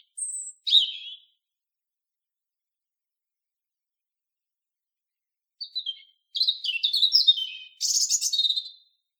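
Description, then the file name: European robin song: a thin high whistle and a short tumbling phrase, then a long pause before a rapid jumbled run of sweet, twittering notes. "Erithacus rubecula"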